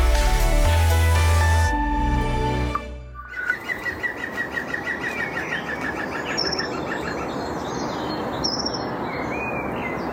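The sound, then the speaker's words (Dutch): A green woodpecker, about 20 metres from a house, gives its laughing call, a quick run of a dozen or so loud, ringing notes that slowly fall in pitch. It follows a short burst of music, with faint birdsong and steady background noise. “hoort vanuit huis dagelijks de groene specht lachen.”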